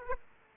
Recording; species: mosquito wingbeat signal from an infrared sensor; Aedes aegypti